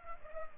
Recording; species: mosquito wingbeat signal from an infrared sensor; Culex pipiens